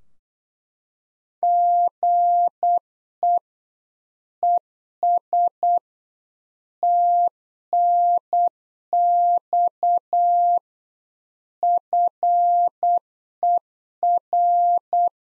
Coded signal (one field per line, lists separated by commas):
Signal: Morse code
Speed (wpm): 8 wpm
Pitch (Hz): 700 Hz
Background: none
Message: GE ES TNX FER